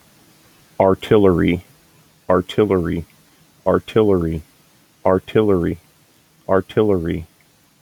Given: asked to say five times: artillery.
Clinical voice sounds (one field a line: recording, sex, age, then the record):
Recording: repeated word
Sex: male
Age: 30 to 39 years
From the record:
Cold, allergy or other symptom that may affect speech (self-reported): no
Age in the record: 33 years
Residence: Pennsylvania, United States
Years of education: 14